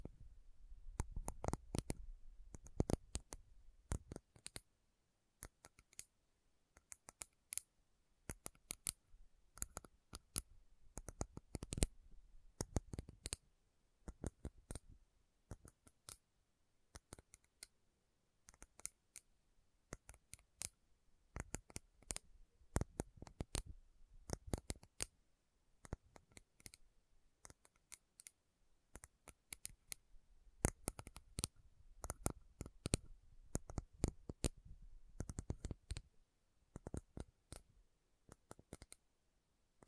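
Slow, irregular metal tapping with sharp bright clicks scattered throughout, occasional quick clusters, and a soft low thud under some taps.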